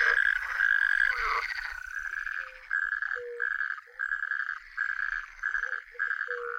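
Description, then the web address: Natterjack toad rattling trills: a long continuous churring burst, then several shorter rattles with brief gaps, and a lower tone now and then. "Przyroda Tajemnice puszczy Ropucha piaskówka"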